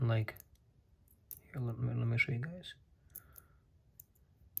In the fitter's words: I don't know if you guys heard that click, but